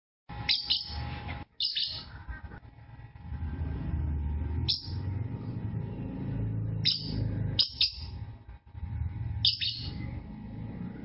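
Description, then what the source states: Lovebird chirping in sharp, high bursts at irregular intervals, over a steady low rumbling hum and a faint constant tone. Chirping song of a lovebird described as a champion singer.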